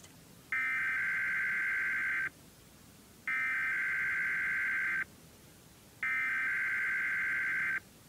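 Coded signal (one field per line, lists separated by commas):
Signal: Emergency Alert System (SAME) tones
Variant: header bursts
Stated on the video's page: Required Weekly Test broadcast on a radio station, with script read by a different announcer than before.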